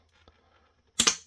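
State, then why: Released. A screwdriver is pushed deep into the slot of the plastic case of a Dish Joey 0KNT16 DVR access point cable TV box to pry at its plastic locking tab. After a faint tick at 0.3 s, a sharp, bright snap at 1.0 s, with a second crack right behind it at 1.1 s, marks the tab popping open. The case locking tab is released.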